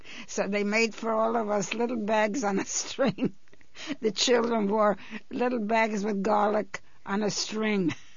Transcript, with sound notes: So they made for all of us little bags on a string. (she laughs) The children wore little bags with garlic on a string.